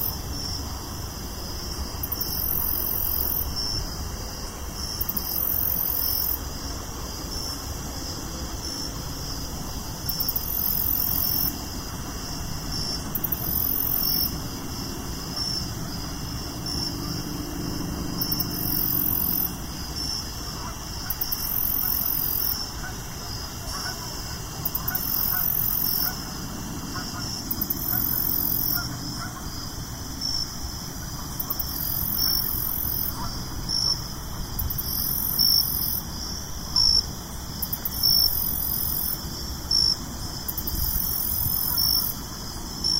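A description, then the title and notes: Crickets chirp in steady, regular pulses, roughly every two to three seconds, over a low rumble of traffic and faint honks. Crickets Chirping: Enjoy a Peaceful Evening in the Suburbs with Soothing Night Sounds. The gentle sounds of crickets and other insects, distant bird calls, and light traffic sounds. Listen to the rhythmic chirping and buzzing of the crickets. This episode features only natural soundscapes with no dialogue or voice.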